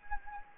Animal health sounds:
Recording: mosquito wingbeat signal from an infrared sensor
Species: Anopheles gambiae

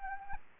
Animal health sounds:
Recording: mosquito wingbeat signal from an infrared sensor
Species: Anopheles gambiae

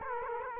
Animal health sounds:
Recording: mosquito wingbeat signal from an infrared sensor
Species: Aedes aegypti

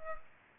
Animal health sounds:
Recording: mosquito wingbeat signal from an infrared sensor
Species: Culex pipiens

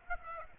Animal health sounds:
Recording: mosquito wingbeat signal from an infrared sensor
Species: Aedes aegypti

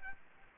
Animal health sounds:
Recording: mosquito wingbeat signal from an infrared sensor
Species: Aedes aegypti

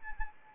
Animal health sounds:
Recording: mosquito wingbeat signal from an infrared sensor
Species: Anopheles arabiensis

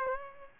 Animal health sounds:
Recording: mosquito wingbeat signal from an infrared sensor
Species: Aedes aegypti

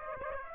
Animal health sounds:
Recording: mosquito wingbeat signal from an infrared sensor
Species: Aedes aegypti

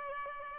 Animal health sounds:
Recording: mosquito wingbeat signal from an infrared sensor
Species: Aedes albopictus

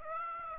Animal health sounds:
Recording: mosquito wingbeat signal from an infrared sensor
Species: Aedes aegypti

